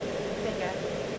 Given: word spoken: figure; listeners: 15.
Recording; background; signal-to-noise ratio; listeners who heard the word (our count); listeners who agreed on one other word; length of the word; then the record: one English word in noise, from a listening test; speech-shaped noise; -6.3 dB; 2 of 15; 7 of 15; 0.78 s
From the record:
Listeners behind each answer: 7, 3, 2, 2, 1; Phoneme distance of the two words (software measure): 10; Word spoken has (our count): 2 syllables, 4 phonemes, stress on syllable 1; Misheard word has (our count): 2 syllables, 4 phonemes, stress on syllable 1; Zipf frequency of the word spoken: 4.87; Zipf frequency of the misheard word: 5.02